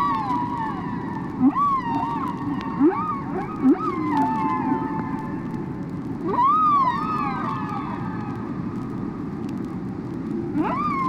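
Whale calls: wavering tonal squeals that rise and fall, mixed with short upswept chirps and a sustained harmonic tone, over a steady rushing underwater background.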